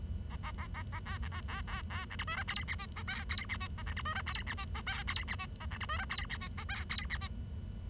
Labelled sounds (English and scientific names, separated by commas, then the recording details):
Bengalese Finch (Lonchura striata domestica) song
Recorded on 23 June 2012 at 09:40
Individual gr41rd51